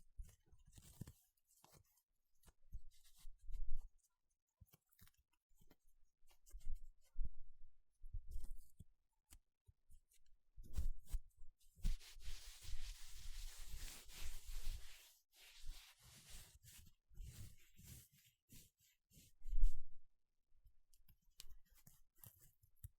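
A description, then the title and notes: Gloves rub, crunch and flap in short irregular bursts with silent gaps, including a longer hissing rustle around 11 to 15 seconds. 5 different GLOVES Sounds. (No Talking).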